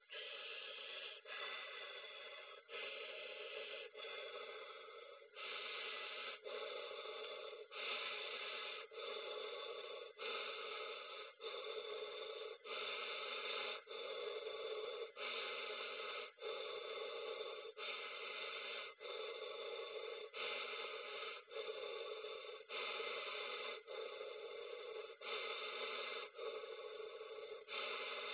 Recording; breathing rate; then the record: paced breathing near a phone; 24 breaths a minute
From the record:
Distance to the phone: 20 cm